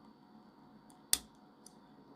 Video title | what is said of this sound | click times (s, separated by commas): Picking Peerless - Straight Edge Method | then you can see it shoots out and then we've got the double lock off | 1.1 s